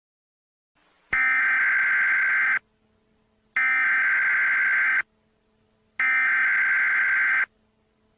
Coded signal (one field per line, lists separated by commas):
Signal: Emergency Alert System (SAME) tones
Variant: header bursts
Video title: Nuclear Attack - An EAS Scenario